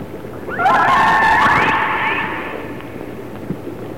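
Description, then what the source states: Orca call, one long harmonic squeal that sweeps upward, holds with a slight waver, then fades, above a soft low hiss. Resident orcas of the A clan.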